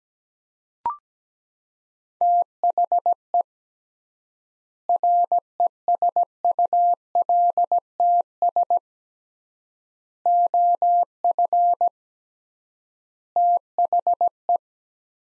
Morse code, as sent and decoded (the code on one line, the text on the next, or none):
- .... . / .-. . ... ..- .-.. - ... / --- ..-. / - .... .
THE RESULTS OF THE